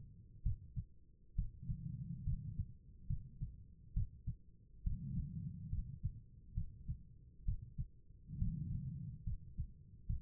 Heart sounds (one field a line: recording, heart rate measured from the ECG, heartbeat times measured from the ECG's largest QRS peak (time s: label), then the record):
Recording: heart sounds by stethoscope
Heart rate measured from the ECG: 68 bpm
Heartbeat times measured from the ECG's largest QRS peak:
0.43 s: heartbeat
1.35 s: heartbeat
2.24 s: heartbeat
3.07 s: heartbeat
3.94 s: heartbeat
4.83 s: heartbeat
5.70 s: heartbeat
6.54 s: heartbeat
7.45 s: heartbeat
8.38 s: heartbeat
9.24 s: heartbeat
10.07 s: heartbeat
From the record:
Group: healthy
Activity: rest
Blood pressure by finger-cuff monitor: 100/65 mmHg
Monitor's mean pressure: 75 mmHg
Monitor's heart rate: 68 bpm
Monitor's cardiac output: 5.1 L/min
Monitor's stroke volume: 75 mL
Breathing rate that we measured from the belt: 18 breaths a minute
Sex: female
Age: 36 years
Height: 163 cm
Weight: 88 kg